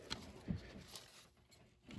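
During a Subaru engine reinstall, a plastic engine wiring-harness connector is handled near its mating chassis connector. Only a few soft taps and rustles are heard, at about 0.1, 1.0 and 1.9 seconds, with a low thump near 0.5 seconds. Nothing has seated or clicked yet; the connector is not yet home.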